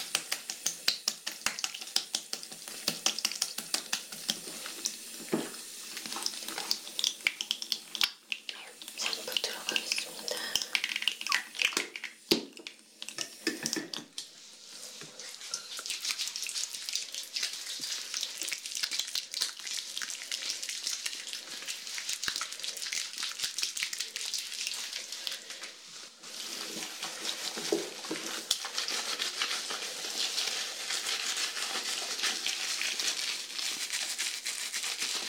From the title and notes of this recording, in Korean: 토탈케어 F코스 ASMR (샴푸, 스킨케어, 두피마사지, 헤어브러싱).